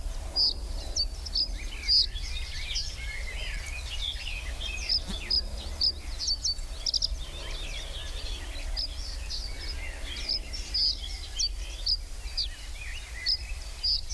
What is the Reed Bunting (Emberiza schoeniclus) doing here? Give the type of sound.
song